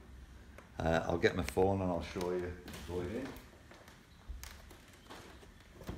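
Someone talks while a Samsung smartphone is handled toward the spring-loaded phone holder clamp on a TYCKA 57-inch tripod with wireless remote. A few faint knocks come around 3.9, 4.4 and 4.7 seconds. Nothing has seated or clicked yet.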